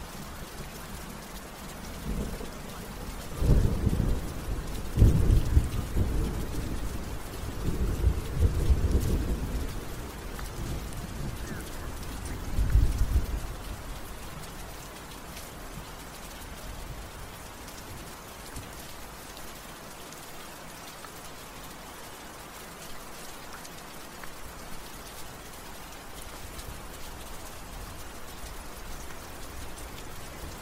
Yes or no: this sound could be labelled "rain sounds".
yes